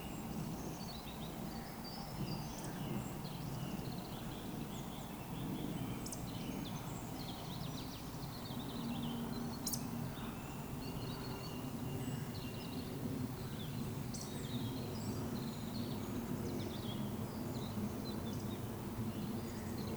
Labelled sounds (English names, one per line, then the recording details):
Eurasian Woodcock
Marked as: woodcock, woodcock, woodcock, woodcock, woodcock
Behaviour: display flight
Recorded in Baden-Württemberg, Germany, on 16 June 2020 at 19:41 UTC
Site 14569, 102 m above sea level